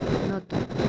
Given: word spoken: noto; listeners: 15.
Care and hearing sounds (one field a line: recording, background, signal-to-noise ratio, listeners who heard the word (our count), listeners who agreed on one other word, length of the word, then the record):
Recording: one Spanish word in noise, from a listening test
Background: noise modulated by three-talker babble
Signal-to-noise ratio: -3.1 dB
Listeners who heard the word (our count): 3 of 15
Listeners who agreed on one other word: 9 of 15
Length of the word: 0.49 s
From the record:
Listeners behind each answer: 9, 3, 1, 1, 1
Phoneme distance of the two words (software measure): 10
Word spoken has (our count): 2 syllables, 4 phonemes, stress on syllable 1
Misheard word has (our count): 2 syllables, 4 phonemes, stress on syllable 1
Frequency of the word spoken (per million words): 3.33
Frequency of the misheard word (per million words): 71.44